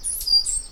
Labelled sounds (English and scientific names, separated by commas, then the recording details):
Stitchbird (Notiomystis cincta) song
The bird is a male
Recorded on Tiritiri Matangi Island, New Zealand, in 2005
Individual 8, of nest box 10